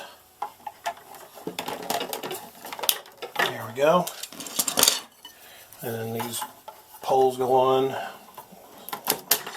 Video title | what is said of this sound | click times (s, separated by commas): Assembling & Testing a E-Sky HG-981 HDTV Antenna | snap in place pretty pretty simple there | 9.3 s